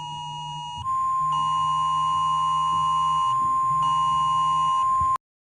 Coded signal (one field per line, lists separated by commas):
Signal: Emergency Alert System (SAME) tones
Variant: 1050 Hz attention tone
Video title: rating eas alarms pt1 S1 THE SCHOOL BREAK